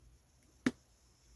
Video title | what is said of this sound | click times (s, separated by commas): Atlanta, GA comic book haul! | you hear it snap just crack this open and | 0.7 s